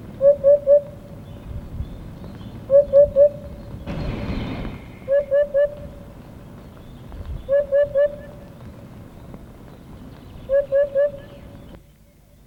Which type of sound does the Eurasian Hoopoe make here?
song